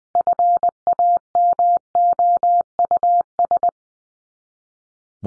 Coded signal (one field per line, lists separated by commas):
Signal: Morse code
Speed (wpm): 20 wpm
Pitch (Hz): 700 Hz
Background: none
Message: FAMOUS